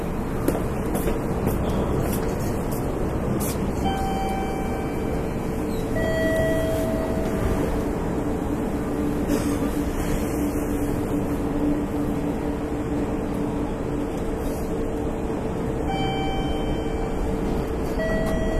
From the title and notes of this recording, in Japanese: 近畿日本鉄道1220系列電車の走行音です。奈良線の急行列車にて収録しました。区間は、大和西大寺から大阪難波までです。奈良線急行 大和西大寺から大阪難波まで。